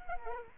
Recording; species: mosquito wingbeat signal from an infrared sensor; Culex quinquefasciatus